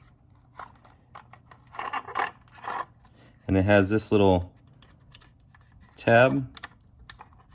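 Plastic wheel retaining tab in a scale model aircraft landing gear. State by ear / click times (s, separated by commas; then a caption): seated / 7.1 s. Someone talks while handling a 21st Century Toys 1:18 scale MiG-15bis model aircraft, with small plastic taps and ticks from the landing gear. A small plastic wheel retaining tab on the landing gear is pushed until it clicks into place at 7.1 s, seated so it keeps the wheel from coming back out.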